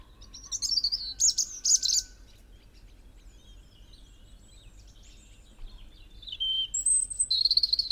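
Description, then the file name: European robin song: a short burst of high, jumbled warbling notes, a quiet stretch, then more thin high whistles and trills. "Erithacus rubecula"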